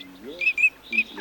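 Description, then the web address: Eurasian teal whistles: a few short, high, clear whistled notes, with a faint lower rising tone at the start. "Чирок-свистунок Alzavola. plurifon"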